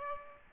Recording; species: mosquito wingbeat signal from an infrared sensor; Aedes aegypti